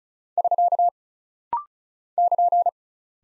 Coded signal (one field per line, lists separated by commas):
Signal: Morse code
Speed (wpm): 36 wpm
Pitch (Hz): 700 Hz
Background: none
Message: <SK> <KN>